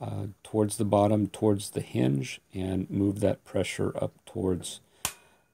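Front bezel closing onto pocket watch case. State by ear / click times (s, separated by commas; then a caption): seated / 5.0 s. Someone talks while pressing the tight metal front bezel of an 1820s antique musical pocket watch shut, working the pressure from the hinge up toward the pendant. A single loud, sharp snap at 5.1 s marks the bezel seating into the case.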